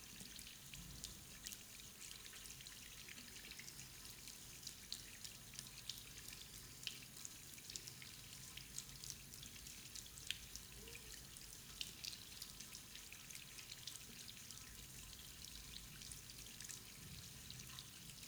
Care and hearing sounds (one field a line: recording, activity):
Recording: daily activity, guitar pickup as the sensor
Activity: wash hands